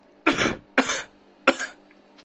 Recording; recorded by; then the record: voluntary cough; messaging app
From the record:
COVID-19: negative